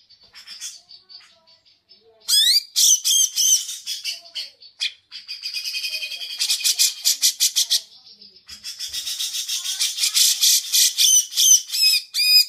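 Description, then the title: Grey-cheeked bulbul song, harsh rapid chattering phrases mixed with sharp whistled and squeaky notes, loud and nearly continuous with brief pauses. Masteran (training recording for songbirds), long-duration recording. "Cucak Jenggot Masteran"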